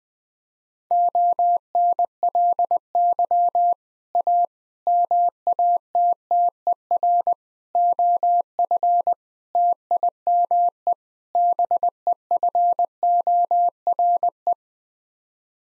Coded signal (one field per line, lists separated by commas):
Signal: Morse code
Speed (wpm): 21 wpm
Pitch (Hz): 700 Hz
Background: none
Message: ONLY A MATTER OF TIME BEFORE